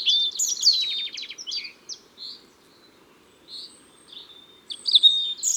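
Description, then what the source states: European robin singing high, liquid phrases that open with a quick descending trill, followed by separate thin notes, a pause and a final bright twittering rush. Ardèche, France.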